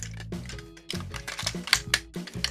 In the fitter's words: oh nice clicks